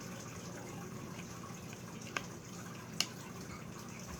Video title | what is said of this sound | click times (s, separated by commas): chilling talking vape and fixing mods [Created by CCTube-App] | there we go it just pops right in there | 3.0 s